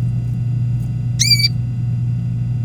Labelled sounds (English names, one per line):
Domestic Canary song